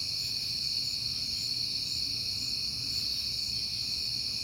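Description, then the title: Steady cricket chirping forms a high, unbroken wall of sound over a faint low hum. On a peaceful night in September. "Night Time: Crickets and Passing Cars"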